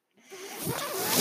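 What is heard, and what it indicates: A soft airy whoosh rises steadily over about a second, a single push of hissing airflow with no speech. It is the sound of a mechanical ventilator delivering a breath, the speaker's own ventilator heard in the background.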